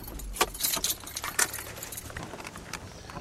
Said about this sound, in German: Im Laderaum klappern Getränkekisten.